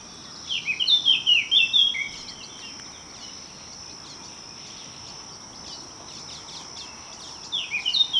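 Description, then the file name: Eurasian blackcap song: a brisk warbled phrase at the start, a long quiet gap, then another phrase at the end, with a constant high hiss throughout. "Sylvia atricapilla"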